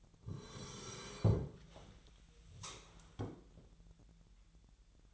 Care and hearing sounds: daily activity, microphone in the room; sit down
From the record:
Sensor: 3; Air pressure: 1001.6 hPa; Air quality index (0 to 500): 248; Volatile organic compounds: 144 ppm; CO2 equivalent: 3997 ppm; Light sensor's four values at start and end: 11/26/11/11 and 9/22/9/9

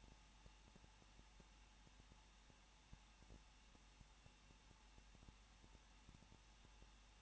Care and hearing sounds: daily activity, microphone in the room; no activity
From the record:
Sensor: 1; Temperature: 20.1 degrees Celsius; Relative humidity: 39.1%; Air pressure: 1006.5 hPa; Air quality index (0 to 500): 217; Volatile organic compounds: 73 ppm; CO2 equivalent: 3547 ppm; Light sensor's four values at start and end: 1/2/1/1 and 1/2/1/1

